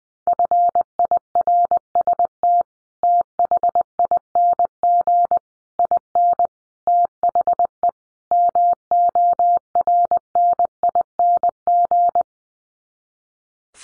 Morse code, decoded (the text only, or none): FIRST THING IN THE MORNING